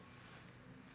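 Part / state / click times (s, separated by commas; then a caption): weapon light quick-detach mount onto rail / not seated / none. A weapon light with a quick-detach tab mount, one that locks in place very tight, is handled as it is being clipped onto its rail. Only a steady, even hiss is heard through the one second, with no sharp sounds. Nothing has seated or clicked yet.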